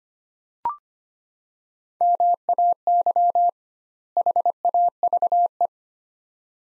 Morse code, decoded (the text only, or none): MAY HAVE